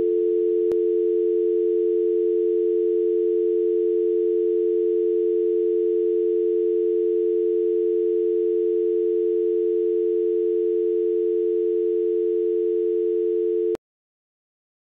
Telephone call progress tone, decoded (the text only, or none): dial tone